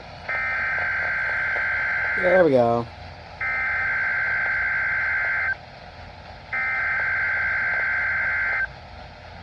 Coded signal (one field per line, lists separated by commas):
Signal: Emergency Alert System (SAME) tones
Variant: header bursts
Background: speech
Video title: WXJ84 Weekly (11/23/22) EAS 1593